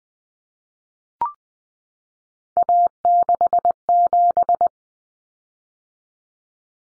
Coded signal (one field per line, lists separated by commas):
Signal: Morse code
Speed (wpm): 20 wpm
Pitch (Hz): 700 Hz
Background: none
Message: A67